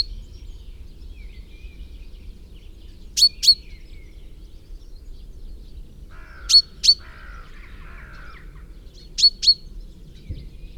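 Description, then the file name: Common chaffinch calls: short, sharp high notes given in quick pairs, repeated three times several seconds apart, with a faint lower chattering bird sound in the middle. "Fringilla coelebs"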